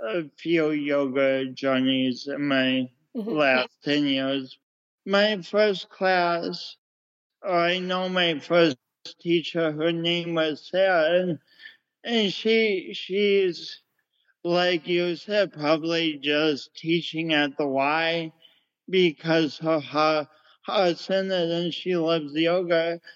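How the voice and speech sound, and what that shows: An adult man speaks at a slowish pace with drawn-out vowels, frequent pauses and a repeated word start, in a steady, somewhat flat voice. The speech shows mild dysarthria linked to cerebral palsy, which affects control of the speech muscles; his speech impediment has affected him.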